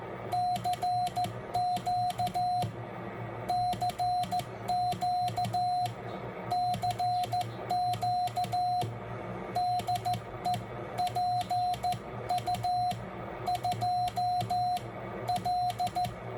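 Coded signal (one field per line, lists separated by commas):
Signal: Morse code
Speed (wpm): 14 wpm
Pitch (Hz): 720 Hz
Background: radio noise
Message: CQ CQ CQ DE PU2L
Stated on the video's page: CW practice oscillator (model CW-TR2) keyed with a bug-type semi-automatic key.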